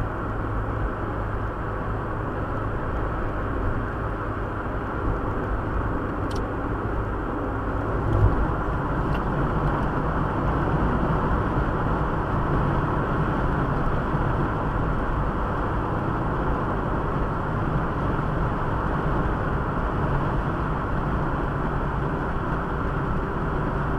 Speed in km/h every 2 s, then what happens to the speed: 97, 97, 96, 96, 96, 96, 97, 98, 97, 96, 94, 91.
0-14 steady at about 96. 14-24 slows to 91.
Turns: none.